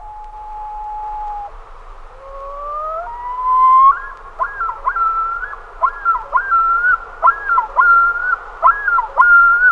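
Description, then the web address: Common loon calling: a long, steady note, then rising glides leading into repeated, swooping notes that climb and drop. "great northern loon"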